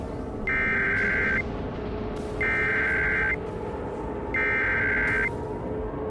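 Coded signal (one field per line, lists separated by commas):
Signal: Emergency Alert System (SAME) tones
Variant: header bursts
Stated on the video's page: Fictional EAS scenario about a comet impact, not a real alert.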